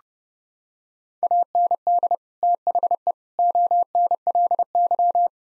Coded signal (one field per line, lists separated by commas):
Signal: Morse code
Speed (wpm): 32 wpm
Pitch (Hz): 700 Hz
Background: none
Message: AND THE ONLY